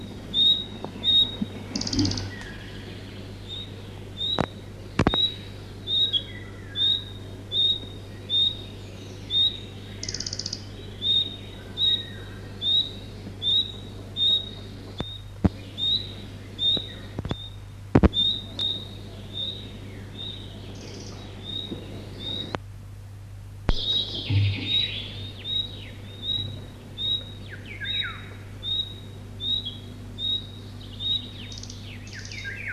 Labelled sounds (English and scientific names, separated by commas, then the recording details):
Red-breasted Flycatcher (Ficedula parva)
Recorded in the wild
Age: adult
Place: Ruciane-Nida, Warminsko-Mazurskie, PL
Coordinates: 53.7, 21.5667
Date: 1965-07-12
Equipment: Grundig TK 4, BG 20/6 - 19 cm/s
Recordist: Schubert, Michael